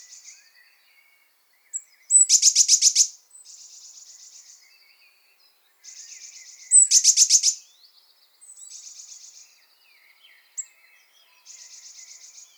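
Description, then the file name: Eurasian blue tit calls: loud churring bursts of rapid notes repeated twice, separated by softer buzzy chatter and brief high chips. "Cyanistes caeruleus"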